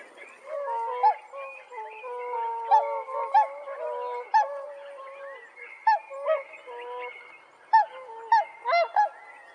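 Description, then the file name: Bewick's swan calls: several overlapping honking, bugling notes, some rising and bending in pitch, coming in loose bursts throughout with a steady softer chatter beneath. "llebedczarnodzioby"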